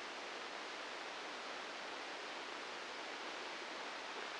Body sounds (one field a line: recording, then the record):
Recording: brain microelectrode recording played as sound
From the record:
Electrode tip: outside the subthalamic nucleus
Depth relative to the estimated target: 1 mm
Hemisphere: right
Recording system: NeuroSet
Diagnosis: Parkinson's disease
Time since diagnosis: 9 years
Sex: female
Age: 51 years